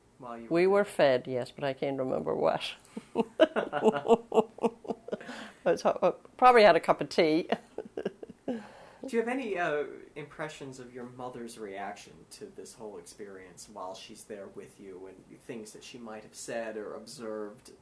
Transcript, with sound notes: while you were there?
We were fed, yes, but I can't remember what. [Laughs] Probably had a cup of tea.
Do you have any impressions of your mother's reaction to this whole experience while she's there with you and things that she might have said or observed?